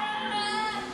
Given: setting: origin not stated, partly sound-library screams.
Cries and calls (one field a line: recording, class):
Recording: one-second piece from a danger detection set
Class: woman in danger